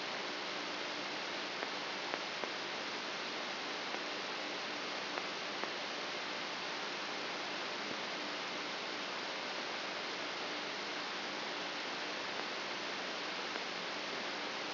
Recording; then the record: brain microelectrode recording played as sound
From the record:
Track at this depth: inside the subthalamic nucleus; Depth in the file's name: 1.626 mm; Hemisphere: left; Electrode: 3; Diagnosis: Parkinson's disease